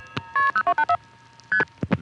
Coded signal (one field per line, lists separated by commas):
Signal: multi-frequency trunk signalling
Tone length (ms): 80 ms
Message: KP0284 ST